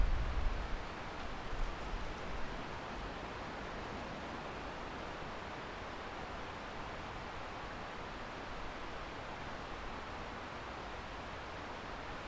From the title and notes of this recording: Evening in the Garden in Winter. It’s the depths of December and the weak winter sun is setting early at around 4pm. The wind is rusting the trees in the valley below until the sound becomes almost a single noise.